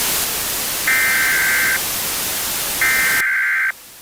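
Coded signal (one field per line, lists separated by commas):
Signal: Emergency Alert System (SAME) tones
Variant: header bursts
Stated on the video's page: Fictional EAS scenario with SAME tones, partly a joke.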